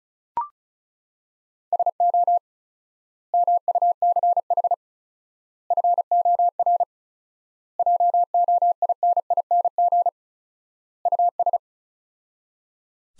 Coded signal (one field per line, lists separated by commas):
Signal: Morse code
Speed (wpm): 36 wpm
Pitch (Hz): 700 Hz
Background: none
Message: SO MUCH FOR JOINING US